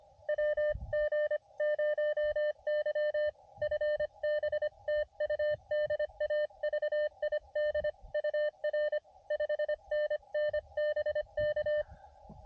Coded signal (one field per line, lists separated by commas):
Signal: Morse code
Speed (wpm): 24 wpm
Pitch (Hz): 590 Hz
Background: none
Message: WG0Y FB TU DAVID UR 5NN BK